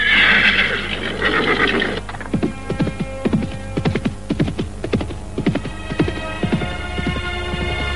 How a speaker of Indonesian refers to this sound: Kuda hitam itu dengan patu berbalik, lalu berlari dengan kencang.